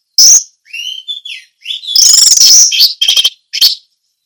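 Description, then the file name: Orange-headed thrush with a sharp note, gliding whistles, then a dense rich warble and a few clipped notes. Indonesian local name anis merah; song style called ngeplong teler. "suara anis merah ngeplong teler"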